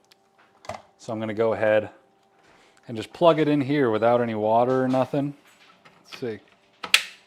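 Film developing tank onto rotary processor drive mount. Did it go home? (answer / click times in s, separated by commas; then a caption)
yes / 6.9 s. Someone talks while a plastic film developing tank, with no water in it, is plugged onto the drive mount of a THD CPLift rotary darkroom processor. A sharp mechanical click is heard at 6.9 s as the tank seats onto the mount.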